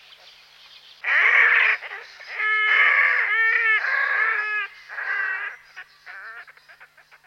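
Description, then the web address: Red-necked grebe wailing: drawn-out, nasal, harmonic cries in several long phrases, then shorter breaking notes trailing off. "Grastrubet"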